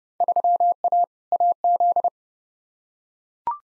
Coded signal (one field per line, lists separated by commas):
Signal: Morse code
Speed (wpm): 30 wpm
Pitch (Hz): 700 Hz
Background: none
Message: 3A AZ